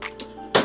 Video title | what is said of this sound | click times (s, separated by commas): Thermaltake Tower 250 Unboxing - Sneaker Build Incoming | It's a lip, so it sticks in. Both sides, click, wait for the click. | 0.6 s